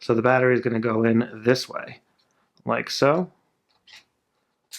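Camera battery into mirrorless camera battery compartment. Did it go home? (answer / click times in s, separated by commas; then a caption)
no / none. A battery is guided prongs-first into the battery compartment of a Sony A6600 mirrorless camera, which has a small blue lock and release lever, while someone talks. A few faint, brief handling sounds follow near the end, and nothing has seated or clicked yet.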